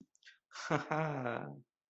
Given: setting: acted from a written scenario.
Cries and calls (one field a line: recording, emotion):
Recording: vocal sound without words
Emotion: amusement